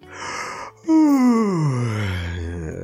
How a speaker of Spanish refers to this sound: Bostezando y con un estiramiento, se levantó de la cama